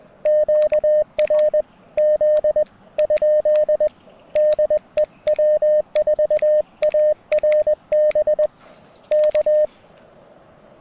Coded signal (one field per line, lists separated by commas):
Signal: Morse code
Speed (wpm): 20 wpm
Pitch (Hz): 590 Hz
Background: radio noise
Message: QRZ? DE W4ARB K